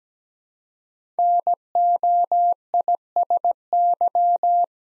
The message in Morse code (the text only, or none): NOISY